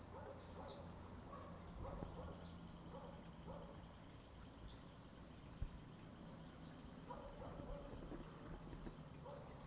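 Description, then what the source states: Hermogenes' toadlet notes: brief, piercing high clicks roughly every three seconds against a low rumble and continuous insect hum. Specimen MHNCI 186, recorded at Picinguaba, Brazil.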